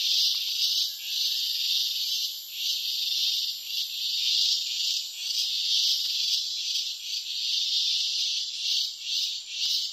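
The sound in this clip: Cicada buzzing in a loud shrill wash that rises and falls in waves every second or so.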